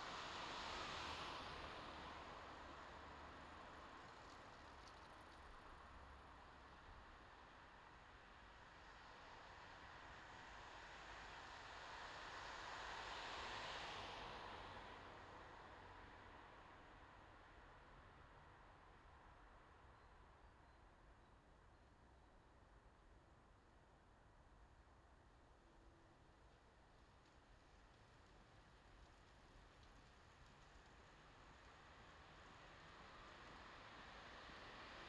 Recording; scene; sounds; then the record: everyday scene through a hearing-aid microphone; in traffic; traffic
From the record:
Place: bus stop on a city main road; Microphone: in the ear canal, left